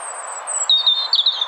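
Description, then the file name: European robin: a drawn-out, very thin high whistle leading into a quick, wavering warble, against a soft background hiss. "Erithacus rubecula"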